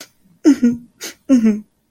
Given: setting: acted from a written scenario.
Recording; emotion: vocal sound without words; sadness